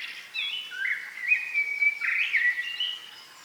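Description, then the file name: Common blackbird song: a smooth, mellow whistled phrase sliding up and down, ending in a slightly squeaky, twittering tail. "Turdus merula"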